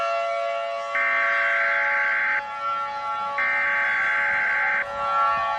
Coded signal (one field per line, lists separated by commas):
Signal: Emergency Alert System (SAME) tones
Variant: header bursts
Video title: EAS Scenario: Nuclear Attack II